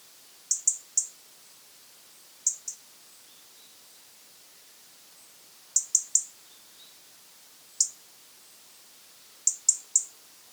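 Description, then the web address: European robin giving sharp, high tick calls in irregular bursts of one to three, separated by pauses of a second or more, over faint steady hiss. "SETE Erithacus rubecula"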